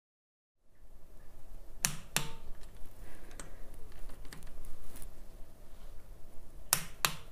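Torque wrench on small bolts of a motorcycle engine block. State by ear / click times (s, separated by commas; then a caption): torque reached / 1.9 s, 6.7 s. After setting the valve clearance, a torque wrench set to 8 to 12 N·m tightens the small cylinder-head/valve-cover bolts on a rebuilt café racer motorcycle engine. Two sharp paired clicks sound over a quiet background with faint small ticks, each pair being the wrench breaking at its setting on one bolt. The clicks come at 1.9 s and 6.7 s.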